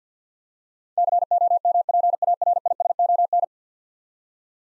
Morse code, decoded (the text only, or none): COMPARISON